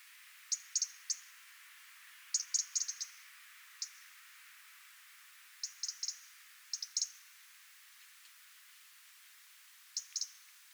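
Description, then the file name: European robin calling with short groups of high, dry ticks, some in quick triplets, others paired, spaced irregularly throughout. "Erithacus rubecula"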